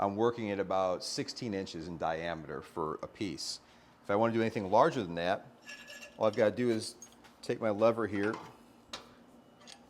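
Someone talks while throwing the metal locking lever on the headstock of a Nova Galaxi DVR wood lathe, whose inboard capacity is about 16 inches in diameter, to unlock the headstock so it can rotate for larger outboard turning. A sharp tick is heard at 8.9 s, then a fainter one at 9.7 s, and the headstock is released.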